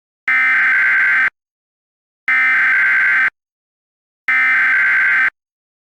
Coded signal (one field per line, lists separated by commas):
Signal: Emergency Alert System (SAME) tones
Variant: header bursts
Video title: COLOSSUS: An EAS Scenario (#9) (feat. @MistfulSkye, @therealchxd, @Snowboi, @op03EAS)